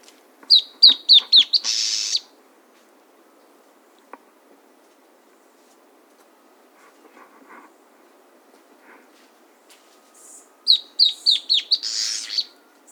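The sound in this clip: Bird singing two bursts, each a run of five sharp, high, falling notes ending in a buzzy trill, separated by about eight seconds of near silence.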